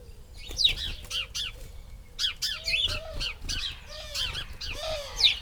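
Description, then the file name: House sparrow chirps, loud sharp bursts of several quick notes separated by brief pauses, with a few lower mellow notes between them. "Passer domesticus"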